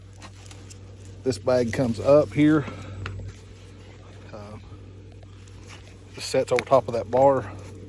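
Someone talks while handling the debris collection bag of a Troy-Bilt chipper shredder vacuum that wouldn't start, bringing the bag up and setting it over the top of the mounting bar on the machine. There is a brief sharp knock near 3.1 s, with low handling noise and a steady hum underneath. The bag has not yet snapped into place; nothing has seated or clicked.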